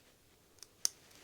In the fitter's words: another satisfying click